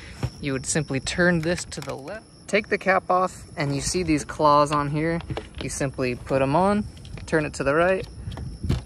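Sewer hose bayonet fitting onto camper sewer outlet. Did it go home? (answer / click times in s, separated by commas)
yes / 8.3 s, 8.4 s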